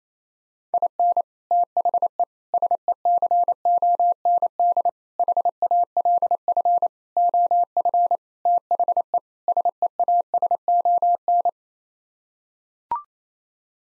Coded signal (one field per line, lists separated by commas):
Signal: Morse code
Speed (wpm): 28 wpm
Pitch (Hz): 700 Hz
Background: none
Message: IN THE SECOND HALF OF THE SEASON